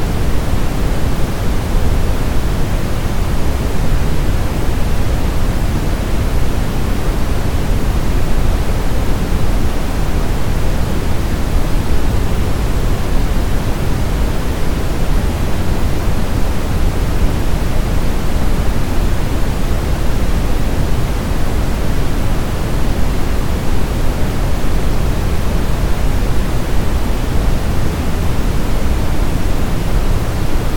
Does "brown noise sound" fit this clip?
yes